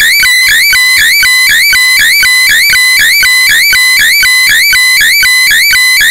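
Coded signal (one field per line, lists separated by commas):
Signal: weather fax (radiofax)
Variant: 120 lines per minute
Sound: rhythmic warbling tone repeating twice a second, gliding and stepping in pitch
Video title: 13986.6kHz JMH Radio Fax by JMA, Test Chart & Satellite Photo of Typhoon Maria / FAX Softwear KG-FAX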